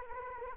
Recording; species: mosquito wingbeat signal from an infrared sensor; Anopheles arabiensis